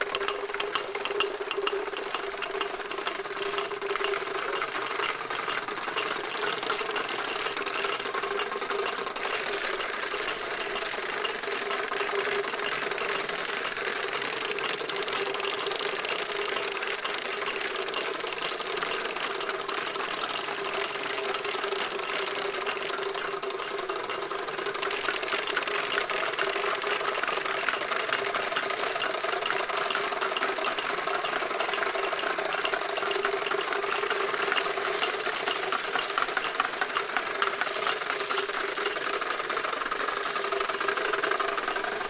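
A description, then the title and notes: A field recording of a steady, machine-like drone with a clear mid-pitched hum and a dense, rattling crackle over it. The sound holds even throughout, with brief moments around nine and twenty-four seconds where the bright rattle thins out. Egurra (bois, wood). A compilation of different field-recording made all along the Basque Country.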